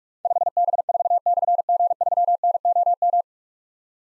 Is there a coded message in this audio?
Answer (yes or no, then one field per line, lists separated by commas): yes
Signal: Morse code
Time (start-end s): 0.2-3.2 s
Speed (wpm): 44 wpm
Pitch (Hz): 700 Hz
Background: none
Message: 5B4/G3NOM